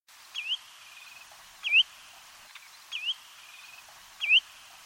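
Bird calls: four short, sharply rising whistled notes spaced a little over a second apart, with softer flat trills between them.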